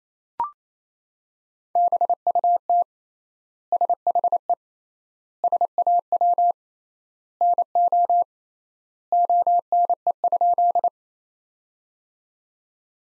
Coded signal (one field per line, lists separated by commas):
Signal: Morse code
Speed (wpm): 28 wpm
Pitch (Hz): 700 Hz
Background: none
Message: BUT SHE SAW NO ONE?